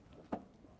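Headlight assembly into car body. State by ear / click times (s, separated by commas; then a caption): not seated / none. A headlight assembly on a 1999–2005 Porsche 996 911 Carrera is pushed back into the fender opening while its lock is pulled toward the front of the car. A faint tap at about 0.1 s and a louder, short knock at about 0.3 s come from handling the unit, over quiet background. The headlight has not seated or clicked into its lock yet.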